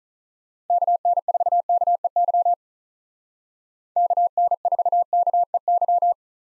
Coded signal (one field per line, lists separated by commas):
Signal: Morse code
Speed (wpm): 46 wpm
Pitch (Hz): 700 Hz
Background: none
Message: KN4KEY KN4KEY